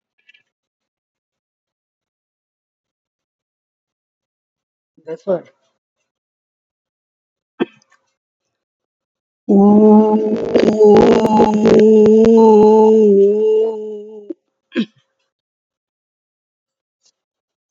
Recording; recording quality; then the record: sustained vowel as in boot; moderate, slight background noise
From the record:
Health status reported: COVID-19 positive, mild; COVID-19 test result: positive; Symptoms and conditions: cough, breathing difficulty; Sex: female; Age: 60 years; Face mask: not worn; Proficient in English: yes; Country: India